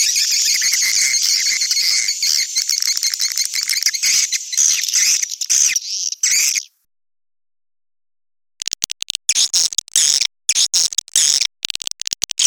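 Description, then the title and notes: Swiftlet chirping calls, a dense, high, buzzy twittering chorus that stops abruptly, then a two-second silence, followed by choppy, broken bursts of the same high chatter. Swiftlet sound used in swiftlet farming in Asia. "Swiflet Bird Sound. Farming Swiflet Bird asia sound"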